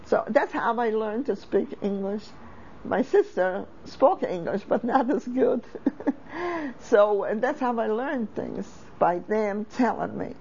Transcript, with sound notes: And that's how I learned to speak English. My sister spoke English, but not as good. ( she laughs ) So, and that's how I learned things, by him telling me.